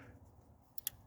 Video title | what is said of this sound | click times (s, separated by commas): 2011 Ram 2500 5.7 Hemi Eagle Engine Install & 1st Start after Rebuild. #automobile #diy | You'll hear a click and then you just push the tab down | 0.9 s